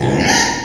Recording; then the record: squeal of a Yucatan mini pig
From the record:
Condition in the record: before surgery on the right vocal fold (resection and tissue-engineered implant); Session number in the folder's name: 2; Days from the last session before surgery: 0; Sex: male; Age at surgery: 12 weeks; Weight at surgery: 13 kg